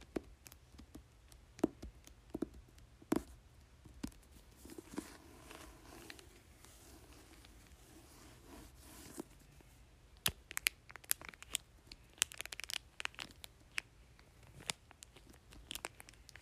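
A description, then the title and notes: Fingers tap and crinkle a book cover, with sharp, irregular clicks and taps scattered throughout. Around 5 to 9 seconds there is a softer, rustling stretch of crinkling, then taps come quicker and more clustered from about 10 to 13 seconds. Tapping and Crinkling Book Cover.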